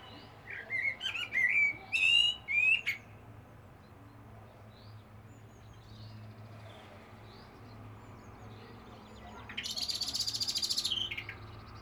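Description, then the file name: Common blackbird song: a string of loud, fluty rising whistles with squeaky accents, followed by quiet, then a burst of hissing noise near the end. "Turdus merula"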